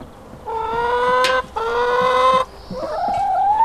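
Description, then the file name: Chicken: two long, even harmonic calls separated by a short gap, followed by a rising wavering note and a faint high whistle. Hens, recorded 5 April 2014 on an MZ-N710 recorder. "MZ-N 710 Poules 5 04 14"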